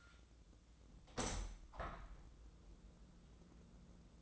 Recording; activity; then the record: daily activity, microphone in the room; open window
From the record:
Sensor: 3